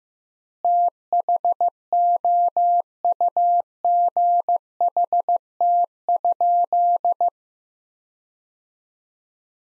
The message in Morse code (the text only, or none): THOUGHT?